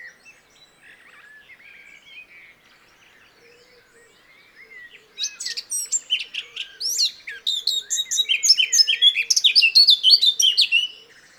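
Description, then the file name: Eurasian blackcap song: soft, quiet warbled notes at first, then a loud, fast outpouring of chattering and fluty whistles lasting about six seconds. "Sylvia atricapilla"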